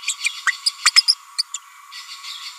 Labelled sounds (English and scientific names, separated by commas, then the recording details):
Green-rumped Parrotlet (Forpus passerinus) babbling
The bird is a female
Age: 30 days
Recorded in a nest box in Venezuela
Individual 17B42A4